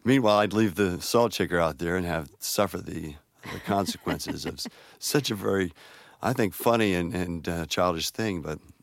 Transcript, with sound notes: Meanwhile, I'd leave the salt shaker out there and have - suffer the...
(Laughter).
...Consequences of such a very, I think, funny and childish thing.